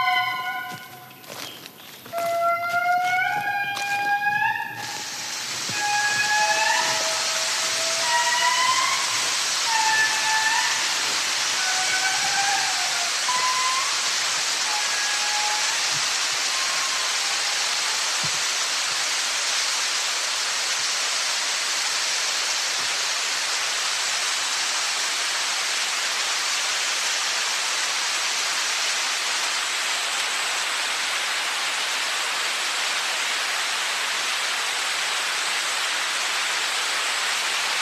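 A forest soundscape with rapid chirps and ticking in the first few seconds, then a steady, dense hiss like rushing water or insects that fills the rest. Whistled bird calls, short sliding notes, repeat over it until about fifteen seconds, then fade.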